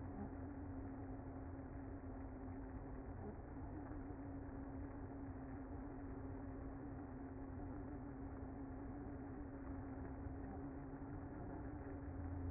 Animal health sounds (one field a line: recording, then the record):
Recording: honeybee colony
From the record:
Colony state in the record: active